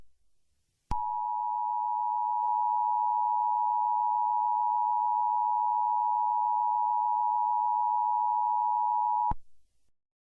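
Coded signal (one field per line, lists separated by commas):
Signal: Emergency Alert System (SAME) tones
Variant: 853 and 960 Hz attention tone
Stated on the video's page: Fictional zombie EAS scenario, with voice acting and sirens.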